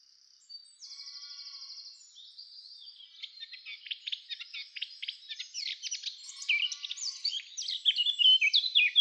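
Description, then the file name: Eurasian blackcap song, opening with a thin buzzy note, then quiet chatter building into a louder, fast, varied warble. "Sylvia atricapilla"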